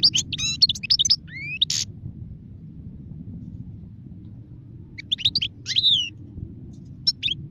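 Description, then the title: European goldfinch twittering in two short bursts of rising chirps and tinkling notes, separated by a long gap with a steady low hum. "غناءالحسون الخلوي chant chardonneret sauvage"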